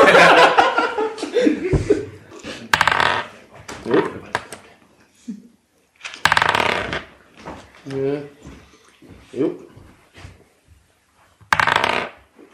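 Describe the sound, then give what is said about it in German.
Dice rattle and clatter across a surface in a few short, bright bursts as they are rolled for a body-control check, mixed in with people talking and chuckling. “Da du so schön gesungen hast und ich auch schon länger nichts mehr gegessen habe und ein bisschen übel ist, würfel ich mal auf Körperbeherrschung, ob ich jetzt kotzen muss.”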